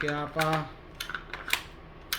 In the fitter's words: hindi rin. Ayaw kumagat.